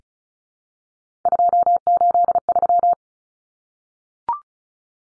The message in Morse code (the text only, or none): 283